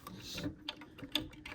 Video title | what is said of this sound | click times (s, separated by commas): Ford 2.0 Ecoboost Valve Cleaning How-To | and you'll hear it snap | 1.2 s